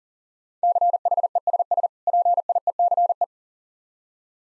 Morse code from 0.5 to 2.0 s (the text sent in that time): CHESS